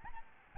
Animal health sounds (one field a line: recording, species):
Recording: mosquito wingbeat signal from an infrared sensor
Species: Aedes albopictus